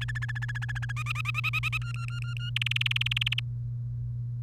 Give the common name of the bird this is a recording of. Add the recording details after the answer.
Domestic Canary. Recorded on 1 May 2018 at 05:42. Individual llb3